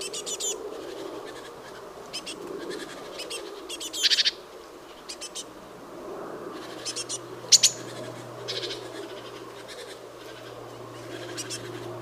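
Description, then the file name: Great tit giving harsh, buzzy rattling churrs in several short bursts, with a couple of sharp high notes mixed in, over a faint steady background hum. "Parus major"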